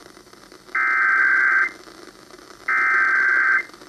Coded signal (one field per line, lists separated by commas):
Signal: Emergency Alert System (SAME) tones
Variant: header bursts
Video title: HIGHS AND LOWS... EAS Alerts from 3/6/18 - 3/28/18 (EAS #849 - 860)